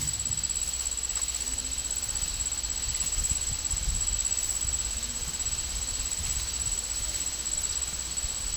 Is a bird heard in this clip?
no